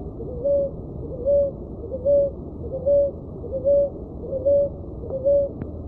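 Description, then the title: Dove producing monotonous short hooting notes in a regular series, close to one per second, over faint background hum and a soft click near the end. "Juriti"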